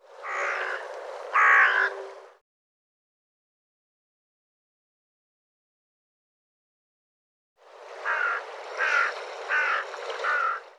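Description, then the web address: Bird giving harsh, hoarse cawing calls: two rasping notes, then a long silence, then four similar caws in quick succession. "cianscape birddata Deverinetal 2025"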